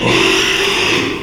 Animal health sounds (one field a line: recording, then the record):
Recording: squeal of a Yucatan mini pig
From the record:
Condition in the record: after surgery on the right vocal fold (resection and tissue-engineered implant)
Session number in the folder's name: 1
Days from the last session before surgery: 6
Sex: male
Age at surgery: 12 weeks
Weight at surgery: 13 kg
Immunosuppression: cyclosporine, prednisolone